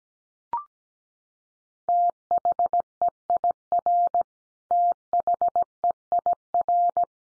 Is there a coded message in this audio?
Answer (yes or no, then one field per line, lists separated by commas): yes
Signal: Morse code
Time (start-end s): 1.9-7.0 s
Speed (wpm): 17 wpm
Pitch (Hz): 700 Hz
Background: none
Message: THEIR THEIR